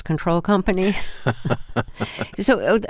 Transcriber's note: laughter